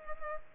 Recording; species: mosquito wingbeat signal from an infrared sensor; Culex pipiens